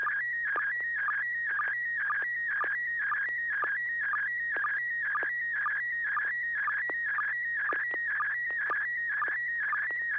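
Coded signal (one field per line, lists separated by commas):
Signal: SSTV (slow-scan television)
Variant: PD120 mode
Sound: continuous warbling tone with a rhythmic low chirp about twice a second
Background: low hum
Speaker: sure I didn't know I was going to be first but uh this is PD 120.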